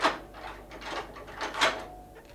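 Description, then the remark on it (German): Keys scrape and rattle in the lock of a tower door, followed by a few clattering, clunking bursts as the door is unlocked and pushed open. No one speaks. “Diese Schlüssel verlachen die Vorsicht der Hölle.”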